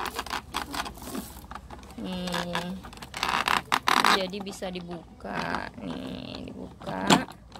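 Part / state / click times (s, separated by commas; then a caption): folding leg into the underside of a child's plastic table / not seated / none. Someone talks while handling the folding leg of a Napolly child's plastic table, unfolding it toward the underside of the table, with scraping and a burst of sharp knocks around 3.2–4.1 s. The leg has not yet locked into place; nothing has seated or clicked yet.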